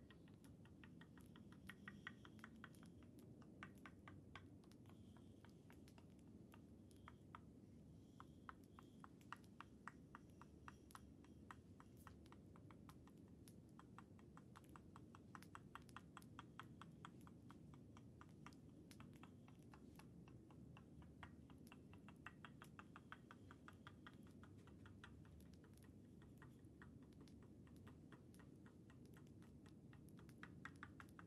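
Tok Sen Thai hammer massage: a rapid, fairly regular stream of crisp wooden taps runs through the whole clip, packed several to the second, with some strokes landing harder than others. Beneath the tapping sits a constant low rumble.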